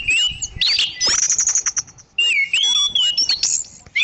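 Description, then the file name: Orange-banded thrush singing a fast, jumbled stream of clear whistles, sharp chips and scratchy notes, with bright slurred phrases that switch quickly. "anis cendana"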